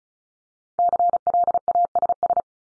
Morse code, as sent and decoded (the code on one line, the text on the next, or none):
-.-. .-.. .- ... ...
CLASS